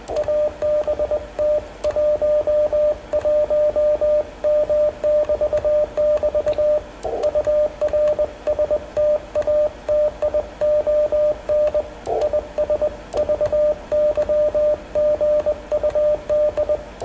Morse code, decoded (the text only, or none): ABT 11M <BT><BT> UR STATION IS VY GUD